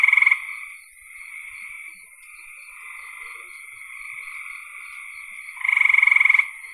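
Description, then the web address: Frogs calling in a chorus: a loud pulsed trill at the start and again near the end, with softer continuous buzzing trills from other frogs in between. "cn frogs"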